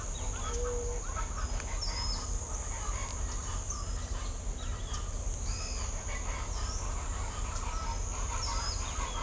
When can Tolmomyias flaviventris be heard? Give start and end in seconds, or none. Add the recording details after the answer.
1.79-2.19, 8.39-8.77. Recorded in shrubland near Pivijay, Magdalena, Colombia, on 2 June 2023 at 07:30. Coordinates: 10.453, -74.365. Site P5-G022